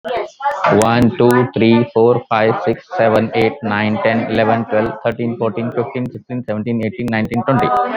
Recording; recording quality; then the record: counting at a fast pace; excellent, no background noise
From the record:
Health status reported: respiratory illness, not identified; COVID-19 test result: negative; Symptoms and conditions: cough, chronic lung disease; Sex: male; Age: 48 years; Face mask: not worn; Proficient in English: yes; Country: India